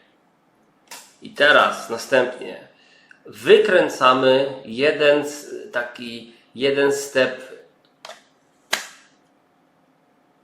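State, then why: Seated. Someone talks while the calibration sleeve on the tip of a CEREC Omnicam intraoral scanner camera is turned one step during camera calibration. A sharp click at 8.7 s marks the sleeve seating into its next detent position.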